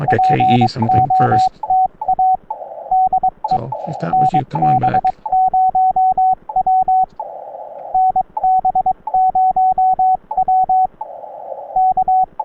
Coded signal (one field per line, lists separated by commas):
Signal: Morse code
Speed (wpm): 22 wpm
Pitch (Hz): 750 Hz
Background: speech, radio noise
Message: POTA DE NB0W NB0W K